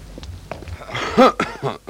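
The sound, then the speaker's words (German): A man coughs in a few loud, rough bursts, the strongest with a hoarse voiced edge, after a stretch of quiet soft tapping, as he walks along the Scheldekai and passes a woman. “Und auf einmal, da muss ich husten.”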